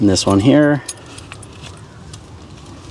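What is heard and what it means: Someone talks briefly while handling the second steel brake pad abutment clip before pressing it into the other side of the rear brake caliper bracket on a 2016–2022 Honda Pilot (Ridgeline), with the clips meant to sit fully flush so the new pads won't bind. After the talking stops, a low steady background follows, with faint metallic ticks near 1.2 s and 1.3 s. Nothing has seated or clicked into place yet.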